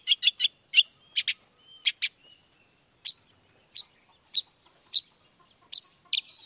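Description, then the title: Long-tailed shrike song of a quick series of harsh notes, then spaced sharp high calls. Morning song of an actively singing (gacor) cendet with 'toet toet' sound variation; one play makes other cendet respond quickly and excitedly. "Langsung NYAUTTTTT ! Cendet Gacor Dor Di Kala Pagi Toet Toet Variasi Suara J. Cendet Gacor Langsung Nyaut Emosi Hanya dengan Sekali Putar Bikin Cendet Lainya Cepat Respon Bunyi"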